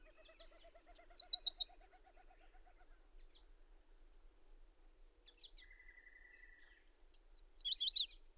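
Bird song: two bursts of fast, high, looping notes several seconds apart, with a level, mid-pitched rattled series between them.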